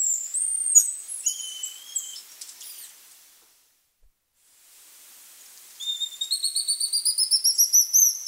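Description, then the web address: Golden-rumped lion tamarin whistles: varied high chirps and sliding notes, a brief pause, then a rapid series of rising, repeated piercing notes. Primate of the South American rainforest. "Natures Songs S America Primates of the Rainforest Golden-rumped lion tamarin"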